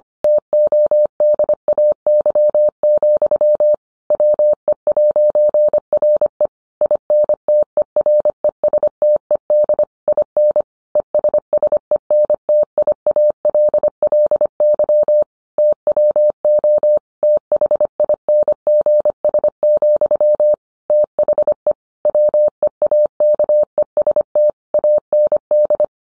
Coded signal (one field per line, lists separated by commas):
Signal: Morse code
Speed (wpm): 25 wpm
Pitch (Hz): 600 Hz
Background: none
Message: TODAY, WE'RE INTERESTED IN ESSENTIALLY TWO THINGS, THE WEAKEST AND